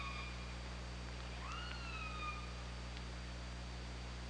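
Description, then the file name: Orca calls: a harmonic tone that jumps up sharply, then glides slowly downward for about a second, with faint clicks, against a steady droning hum. Recorded on an OrcaLab hydrophone, 24 August 2017, 22:54. "Orca Lab UTLN JASON 20170824 225402"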